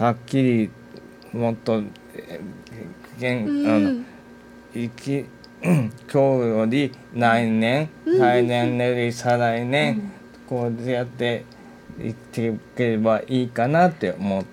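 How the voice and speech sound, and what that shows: Adult male speaker with aphasia after a brain haemorrhage, talking in Japanese in slow, halting phrases broken by frequent pauses, with some garbled, hard-to-retrieve words. He still has one-sided paralysis and is regaining speech through daily speech therapy.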